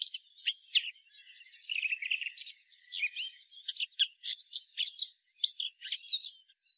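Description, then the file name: Eurasian blackcap song, quick scratchy and whistled warbled notes in a jumble, fading softly at the very end. "Sylvia atricapilla"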